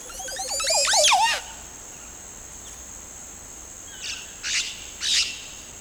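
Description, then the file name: Montezuma oropendola song: a rapid tumble of liquid, gurgling notes ending in a loud descending swoop, then three short harsh clucks, over a steady high insect whine. "Montezuma Oropendola (Psarocolius montezuma)"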